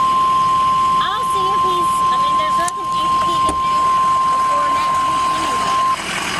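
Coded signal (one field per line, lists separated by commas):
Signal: Emergency Alert System (SAME) tones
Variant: 1050 Hz attention tone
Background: speech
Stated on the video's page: Special Marine Warning for Lake Okeechobee broadcast on NOAA weather radio station WXK83A, issued by a National Weather Service office.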